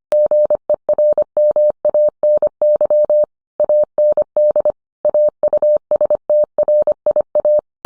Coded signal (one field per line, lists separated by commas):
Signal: Morse code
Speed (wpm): 25 wpm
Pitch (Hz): 600 Hz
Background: none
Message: GERMANY AND AUSTRIA